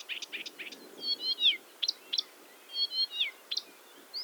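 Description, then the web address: Blyth's reed warbler song: several dry clicks, then a slurred falling whistle, given twice and separated by sharp ticks. "Struikrietzanger. graszanger acrocephalus dumetorum"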